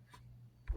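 A fountain pen cap, on a Jinhao 5000 with a red/gold bent nib, is posted onto the back end of the pen barrel. Quiet handling is followed by a single sharp snap at 0.7 s as the cap seats.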